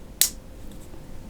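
Both side buttons of a 3D printed plastic rucksack clip are pressed, and the buckle tongue pops out of its receiver with one sharp, bright click at 0.2 s. After that, only a faint tick is heard at about 0.7 s against a quiet background, and the clip is released.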